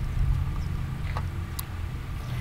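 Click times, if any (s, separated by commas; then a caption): 1.6 s. A male plastic solar panel cable connector is pushed into the female connector from another panel to join the two panels. Over a steady low rumble, a couple of soft taps come at about 1.1 and 1.2 s, then a sharp click at 1.6 s as the connector pops into place and seats.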